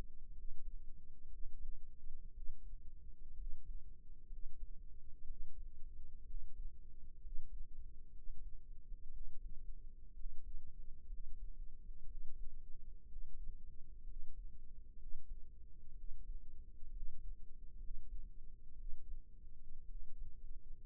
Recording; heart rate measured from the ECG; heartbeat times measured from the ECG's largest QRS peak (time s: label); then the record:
heart sounds by microphone in the right ear; 61 bpm
0.33 s: heartbeat
1.28 s: heartbeat
2.33 s: heartbeat
3.35 s: heartbeat
4.28 s: heartbeat
5.25 s: heartbeat
6.24 s: heartbeat
7.20 s: heartbeat
8.12 s: heartbeat
9.11 s: heartbeat
10.14 s: heartbeat
11.07 s: heartbeat
12.05 s: heartbeat
13.06 s: heartbeat
14.04 s: heartbeat
14.96 s: heartbeat
15.94 s: heartbeat
16.91 s: heartbeat
17.78 s: heartbeat
18.75 s: heartbeat
19.86 s: heartbeat
From the record:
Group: healthy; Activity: rest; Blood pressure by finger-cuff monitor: 96/64 mmHg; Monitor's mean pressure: 76 mmHg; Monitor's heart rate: 62 bpm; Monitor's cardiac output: 5.4 L/min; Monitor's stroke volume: 87 mL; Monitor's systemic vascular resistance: 1010 dyn s/cm5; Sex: male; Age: 22 years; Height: 181 cm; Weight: 79 kg